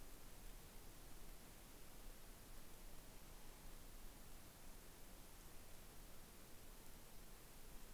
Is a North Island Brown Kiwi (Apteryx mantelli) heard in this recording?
no